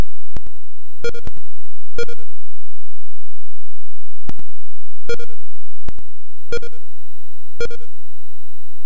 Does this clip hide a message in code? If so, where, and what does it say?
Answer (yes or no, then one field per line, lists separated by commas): no